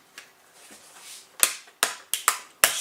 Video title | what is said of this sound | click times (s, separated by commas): Wolverine 8mm & Super 8 Cine Film Fault How To Fix Focus Problem. | everything back up in here snaps | 1.4 s, 1.8 s, 2.1 s, 2.3 s, 2.6 s